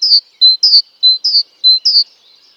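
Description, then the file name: Great tit singing a rapid, rhythmic series of paired notes, a higher slurred note alternating with a lower flat whistle, repeated several times with short gaps. "Parus major"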